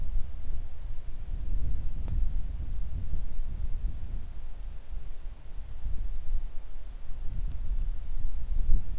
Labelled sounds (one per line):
wind
rain